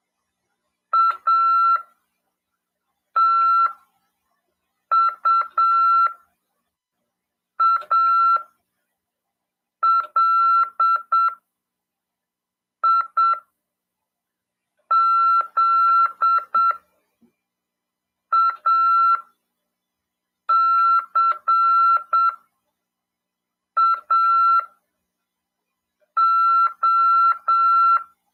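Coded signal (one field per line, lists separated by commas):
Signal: Morse code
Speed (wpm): 7 wpm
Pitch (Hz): 1350 Hz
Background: none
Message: ATUALIZACAO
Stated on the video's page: Morse lesson in a ham radio class on FM 146.410 MHz.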